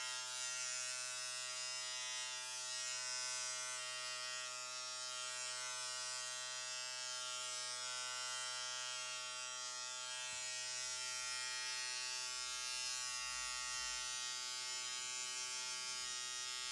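A hair clipper runs steadily throughout, a dense, even buzz with a strong low hum and a bright hiss on top. Around ten seconds a brief click breaks in, and a faint low rumble stirs near the end.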